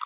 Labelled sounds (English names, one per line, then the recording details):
Green-rumped Parrotlet babbling
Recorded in a nest box in Venezuela
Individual 18B25A4